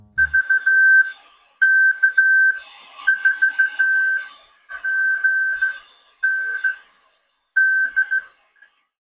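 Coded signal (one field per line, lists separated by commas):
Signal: Morse code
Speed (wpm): 15 wpm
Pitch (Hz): 1550 Hz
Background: none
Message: V K 4 G N D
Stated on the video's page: Slow Morse on the Australian QRS CW net, sent with straight keys on two different rigs.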